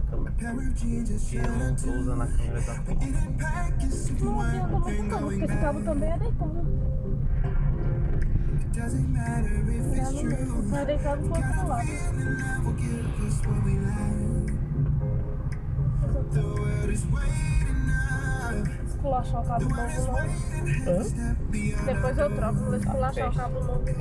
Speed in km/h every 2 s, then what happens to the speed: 11, 14, 16, 20, 21, 21, 19, 21, 23, 23, 18, 18.
0-7 speeds up to 21. 7-24 steady at about 21.